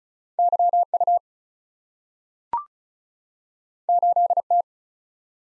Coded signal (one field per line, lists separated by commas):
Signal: Morse code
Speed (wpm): 36 wpm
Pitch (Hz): 700 Hz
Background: none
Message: YU 8T